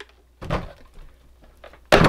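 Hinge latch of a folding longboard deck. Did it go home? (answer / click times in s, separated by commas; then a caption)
yes / 1.9 s. A travel longboard is unfolded and its deck hinge is closed. After a broadband rustle and some quieter handling taps, the hinge latch snaps shut with a loud thunk at 1.9 s, and the folding longboard hinge locks into place.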